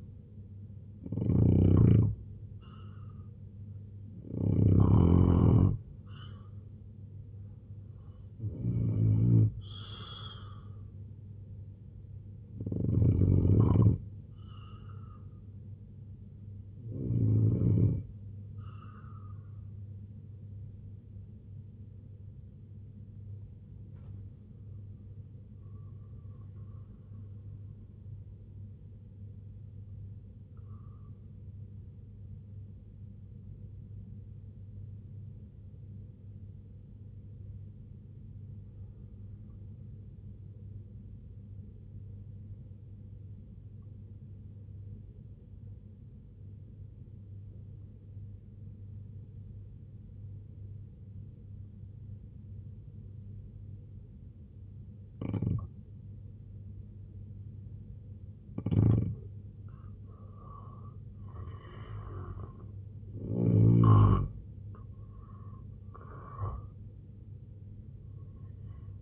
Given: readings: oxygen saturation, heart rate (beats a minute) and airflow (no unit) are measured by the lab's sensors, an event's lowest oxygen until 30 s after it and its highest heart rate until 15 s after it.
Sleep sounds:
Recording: breathing in sleep by a smartphone at the bedside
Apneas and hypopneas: 1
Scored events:
33.00-57.60 s: obstructive apnea (N2, oxygen 95% highest, then 84% lowest, heart rate 59 at the start, 91 highest)
From the record:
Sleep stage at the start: N2 (light sleep)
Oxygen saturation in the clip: 86 to 95%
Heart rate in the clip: 57 to 91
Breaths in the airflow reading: 10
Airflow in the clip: -6.3 to 8.0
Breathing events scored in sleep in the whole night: 258 in 7.4 hours asleep

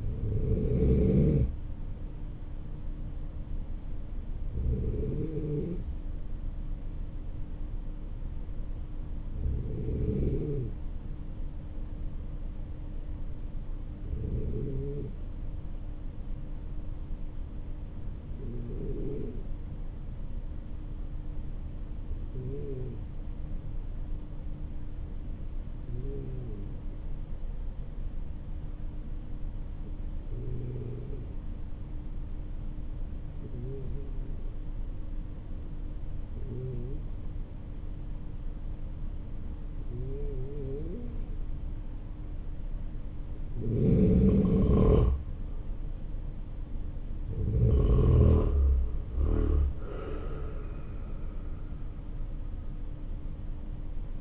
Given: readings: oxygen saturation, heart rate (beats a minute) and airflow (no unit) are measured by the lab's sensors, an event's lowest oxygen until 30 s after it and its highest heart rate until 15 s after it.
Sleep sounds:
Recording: breathing in sleep by a smartphone at the bedside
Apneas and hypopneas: 1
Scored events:
14.00-40.50 s: hypopnea (N2, oxygen 96% highest, then 92% lowest, heart rate 49 at the start, 59 highest)
18.00-48.00 s: new sleep stage, N3 (deep sleep)
48.00-54.21 s: new sleep stage, N2 (light sleep)
From the record:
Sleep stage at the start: N2 (light sleep)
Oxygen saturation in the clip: 91 to 96%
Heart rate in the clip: 49 to 59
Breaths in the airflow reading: 14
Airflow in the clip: -9.0 to 11.2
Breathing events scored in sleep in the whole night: 304 in 5.6 hours asleep

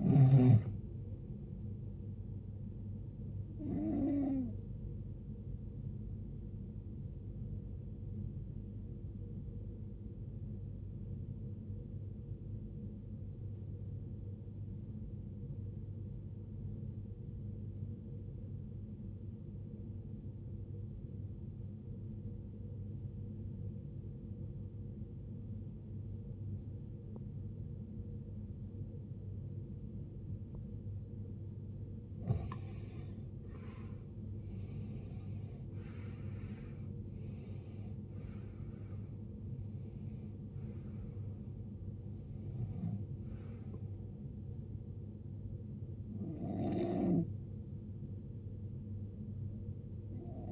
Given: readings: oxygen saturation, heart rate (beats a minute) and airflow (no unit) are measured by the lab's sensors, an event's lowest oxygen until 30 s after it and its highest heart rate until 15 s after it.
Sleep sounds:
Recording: breathing in sleep by a smartphone at the bedside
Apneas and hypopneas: 1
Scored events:
14.00-33.70 s: obstructive apnea (N1, oxygen 93% highest, then 82% lowest, heart rate 71 at the start, 80 highest)
From the record:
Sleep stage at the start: N1 (lightest sleep)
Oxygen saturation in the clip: 83 to 93%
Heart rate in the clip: 50 to 80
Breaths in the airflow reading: 8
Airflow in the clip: -18.6 to 17.7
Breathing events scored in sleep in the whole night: 389 in 6.3 hours asleep

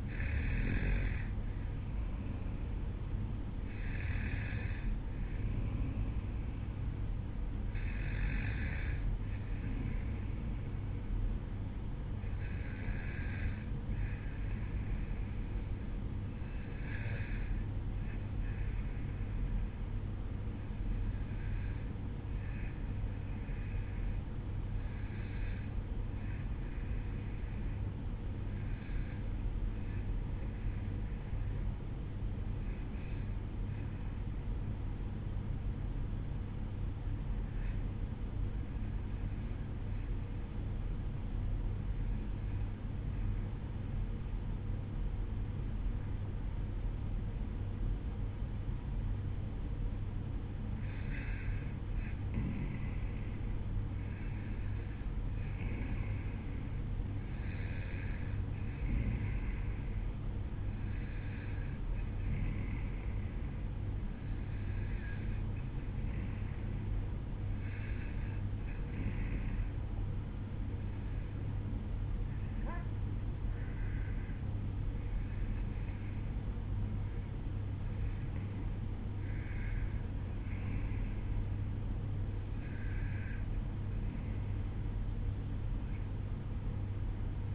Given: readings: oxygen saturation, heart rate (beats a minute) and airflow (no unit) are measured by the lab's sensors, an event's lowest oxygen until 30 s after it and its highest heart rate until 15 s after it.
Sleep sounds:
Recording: breathing in sleep by a smartphone at the bedside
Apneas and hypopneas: 1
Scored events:
13.00-43.00 s: new sleep stage, N2 (light sleep)
15.00-50.60 s: hypopnea (N2, oxygen 94% highest, then 91% lowest, heart rate 54 at the start, 61 highest)
43.00-87.55 s: new sleep stage, REM sleep
From the record:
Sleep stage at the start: N1 (lightest sleep)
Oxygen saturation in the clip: 91 to 94%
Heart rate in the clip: 53 to 63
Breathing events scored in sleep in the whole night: 305 in 9.6 hours asleep

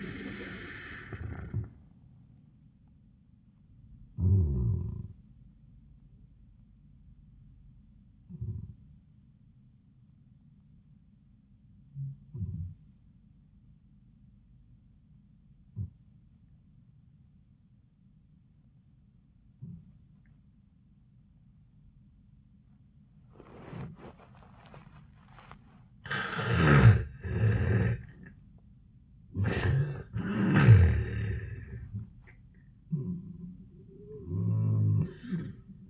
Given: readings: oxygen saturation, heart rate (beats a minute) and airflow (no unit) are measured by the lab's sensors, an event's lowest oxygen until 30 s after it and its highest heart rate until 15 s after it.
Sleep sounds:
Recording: breathing in sleep by a smartphone at the bedside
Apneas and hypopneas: 1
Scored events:
5.00-29.20 s: hypopnea (N2, oxygen 96% highest, then 79% lowest, heart rate 74 at the start, 99 highest)
32.00-35.90 s: new sleep stage, N1 (lightest sleep)
From the record:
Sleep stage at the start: N2 (light sleep)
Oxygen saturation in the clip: 78 to 96%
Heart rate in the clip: 74 to 99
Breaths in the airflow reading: 3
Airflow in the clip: -22.2 to 12.7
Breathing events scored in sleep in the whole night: 400 in 8.7 hours asleep

